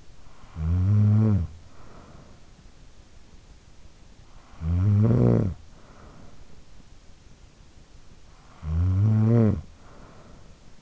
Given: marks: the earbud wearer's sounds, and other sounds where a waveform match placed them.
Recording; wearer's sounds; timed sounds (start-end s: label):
sounds in sleep by an in-ear microphone; snoring breath
0.00-2.96 s: snoring breath
3.90-6.54 s: snoring breath
7.80-10.82 s: snoring breath